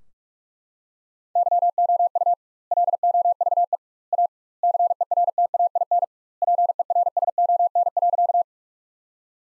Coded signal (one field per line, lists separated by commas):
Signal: Morse code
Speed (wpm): 41 wpm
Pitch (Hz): 700 Hz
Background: none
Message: YOU LOVE A CERTAIN PERSON.